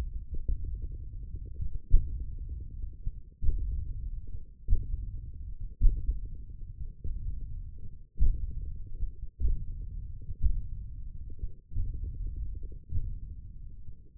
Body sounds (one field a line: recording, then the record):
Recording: forearm muscle sounds (acoustic myography)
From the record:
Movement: hand opening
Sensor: system 1, eight BSWA MPA416 microphones around the upper forearm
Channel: 1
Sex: male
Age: 20 years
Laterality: left